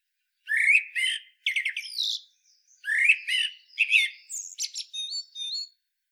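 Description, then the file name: Common blackbird harsh chattering calls in quick scratchy bursts, several grouped notes, ending with thin high squeaky whistles; no other sounds. "Turdus merula"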